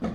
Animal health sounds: pig call; growing-finishing pig (85 days or more)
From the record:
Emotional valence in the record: negative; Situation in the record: barren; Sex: male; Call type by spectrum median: low-frequency call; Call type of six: low-frequency stable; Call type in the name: low-frequency stable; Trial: 4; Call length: 0.14 s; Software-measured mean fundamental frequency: 57 Hz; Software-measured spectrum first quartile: 201 Hz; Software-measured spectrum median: 310 Hz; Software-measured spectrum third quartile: 688 Hz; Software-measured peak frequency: 213 Hz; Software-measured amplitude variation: 133 dB a second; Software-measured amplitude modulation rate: 13.9 a second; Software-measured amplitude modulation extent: 9.6 dB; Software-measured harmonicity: 4.3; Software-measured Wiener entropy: -0.78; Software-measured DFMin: 869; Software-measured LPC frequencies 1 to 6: 1273, 2030, 3566, 4471, 5984, 6471 Hz

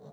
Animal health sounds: pig call; piglet (1 to 25 days)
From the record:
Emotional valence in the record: negative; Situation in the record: short isolation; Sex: female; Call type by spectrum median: low-frequency call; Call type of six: low-frequency stable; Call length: 0.13 s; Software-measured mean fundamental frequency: 50 Hz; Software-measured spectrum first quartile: 169 Hz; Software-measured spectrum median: 364 Hz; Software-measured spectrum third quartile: 570 Hz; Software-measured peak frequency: 443 Hz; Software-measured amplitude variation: 91 dB a second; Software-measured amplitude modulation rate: 26.2 a second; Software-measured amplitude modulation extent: 3.5 dB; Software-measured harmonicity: 0.7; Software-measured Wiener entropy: 0.23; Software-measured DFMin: 1819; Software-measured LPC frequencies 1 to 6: 501, 3738, 4168, 6035, 7226, 8040 Hz

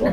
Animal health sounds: pig call; piglet (1 to 25 days)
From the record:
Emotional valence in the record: positive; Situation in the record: reunion after long isolation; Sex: female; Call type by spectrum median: low-frequency call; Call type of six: low-frequency tonal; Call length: 0.14 s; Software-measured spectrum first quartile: 227 Hz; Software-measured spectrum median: 438 Hz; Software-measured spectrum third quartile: 639 Hz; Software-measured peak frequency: 581 Hz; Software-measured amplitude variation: 52 dB a second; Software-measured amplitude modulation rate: 25.9 a second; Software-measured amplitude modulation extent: 2.0 dB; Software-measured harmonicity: 4.2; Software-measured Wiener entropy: -0.94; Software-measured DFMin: 1256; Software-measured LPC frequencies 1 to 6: 535, 1831, 3178, 4250, 5476, 6189 Hz

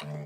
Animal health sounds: pig call; piglet (1 to 25 days)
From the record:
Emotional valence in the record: negative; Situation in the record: short isolation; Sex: female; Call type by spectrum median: low-frequency call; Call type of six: low-frequency tonal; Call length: 0.25 s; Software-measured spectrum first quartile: 157 Hz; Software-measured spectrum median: 400 Hz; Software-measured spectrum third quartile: 1248 Hz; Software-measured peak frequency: 604 Hz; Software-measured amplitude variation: 52 dB a second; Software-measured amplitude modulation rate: 27.9 a second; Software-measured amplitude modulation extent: 1.9 dB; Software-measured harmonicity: 1.4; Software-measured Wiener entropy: -1.40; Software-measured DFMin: 569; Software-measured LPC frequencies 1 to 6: 2211, 2921, 3941, 4676, 5624, 6995 Hz

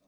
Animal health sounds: pig call; piglet (1 to 25 days)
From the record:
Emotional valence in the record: positive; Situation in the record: short reunion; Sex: female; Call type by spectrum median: low-frequency call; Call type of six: low-frequency tonal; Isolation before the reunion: 3 minutes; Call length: 0.07 s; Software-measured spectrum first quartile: 404 Hz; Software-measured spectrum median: 926 Hz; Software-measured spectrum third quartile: 6009 Hz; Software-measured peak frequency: 592 Hz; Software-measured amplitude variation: 21 dB a second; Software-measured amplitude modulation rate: 6.7 a second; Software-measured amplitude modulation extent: 3.1 dB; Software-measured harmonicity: 2.2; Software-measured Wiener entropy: -2.57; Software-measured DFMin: 530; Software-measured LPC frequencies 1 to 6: 560, 2428, 3677, 4608, 6082, 8079 Hz

